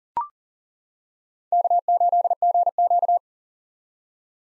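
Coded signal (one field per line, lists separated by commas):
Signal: Morse code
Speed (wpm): 37 wpm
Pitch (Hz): 700 Hz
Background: none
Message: K8GQ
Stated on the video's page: Morse practice at 40 wpm: common POTA hunter call signs, each sent, spoken, then sent again for head-copy.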